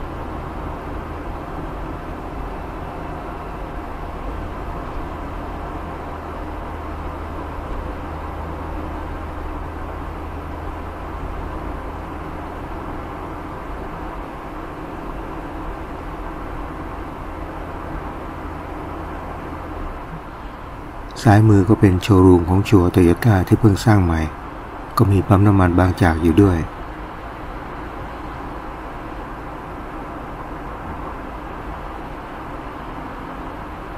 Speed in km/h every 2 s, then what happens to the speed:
54, 55, 56, 56, 56, 57, 58, 58, 59, 59, 59, 60, 60, 60, 60, 59, 59.
0-34 steady at about 59.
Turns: none.